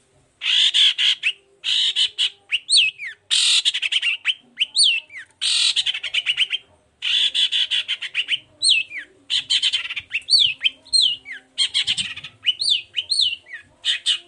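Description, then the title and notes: Long-tailed shrike song: harsh buzzy bursts alternating with rising and falling whistled slurs around mid-high pitch, delivered in rapid continuous phrases with brief pauses. Morning singing with varied "toet toet" notes, used as a lure to provoke other long-tailed shrikes into answering. "Cendet Gacor Dor Di Kala Pagi Toet Toet Variasi Suara. Pancingan Emosi Cendet Gacor Full Variasi Toet Toet Bikin Nyaut Cendet Lain Langsung Ikutan Bunyi. Burung cendet"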